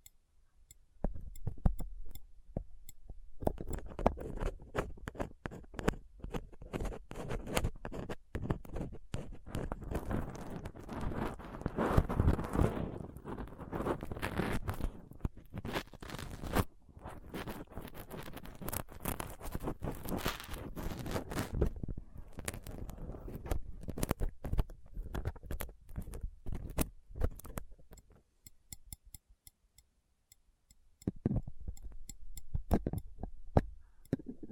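A microphone is picked and scraped with a dental pick, tweezers and a cotton swab, making dense, fast scratchy clicks and ticks. The scratching runs almost continuously, thicker and louder around the middle, thins out near 28 seconds, then returns briefly after 31 seconds.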